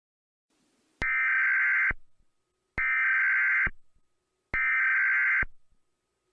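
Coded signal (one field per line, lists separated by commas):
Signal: Emergency Alert System (SAME) tones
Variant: header bursts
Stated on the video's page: Fictional EAS scenario set in Charleston.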